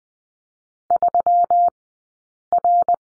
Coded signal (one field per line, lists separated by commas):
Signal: Morse code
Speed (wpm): 20 wpm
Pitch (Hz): 700 Hz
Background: none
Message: 3R